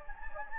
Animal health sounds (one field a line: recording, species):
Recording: mosquito wingbeat signal from an infrared sensor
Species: Anopheles gambiae